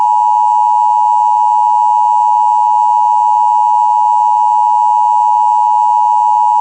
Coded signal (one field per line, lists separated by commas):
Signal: Emergency Alert System (SAME) tones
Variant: 853 and 960 Hz attention tone